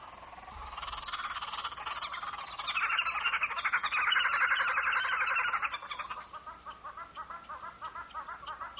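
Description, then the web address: Wood hoopoe chattering chorus: a dense burst of harsh cackles builds and peaks, then breaks into spaced, repeated notes at the end. African wood hoopoes. "wood hopoes|african"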